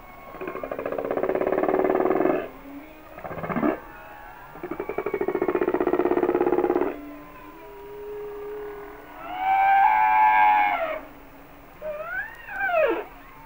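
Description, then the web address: Humpback whale song: long pulsed groans and a short tone, then a bright harmonic wail and short rising-falling whoops toward the end. "Natures Songs Whale Songs Sounds of Nature - Humpback Whales"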